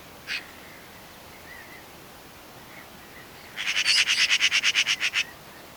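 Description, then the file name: Eurasian magpie: one harsh note, then a fast rattling chatter of about a dozen rasping pulses lasting under two seconds. "Pica pica"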